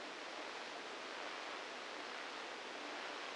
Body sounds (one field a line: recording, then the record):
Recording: brain microelectrode recording played as sound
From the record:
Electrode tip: inside the subthalamic nucleus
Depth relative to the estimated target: 0 mm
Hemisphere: left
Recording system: NeuroSet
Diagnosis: Parkinson's disease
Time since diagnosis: 27 years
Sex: male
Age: 62 years